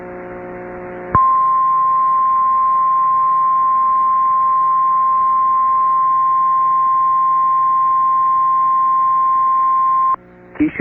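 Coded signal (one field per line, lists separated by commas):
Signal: Emergency Alert System (SAME) tones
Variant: 1050 Hz attention tone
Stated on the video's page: Dust Storm Warning issued by NWS Spokane, relayed by KPBX-FM, recorded from the station's online live stream.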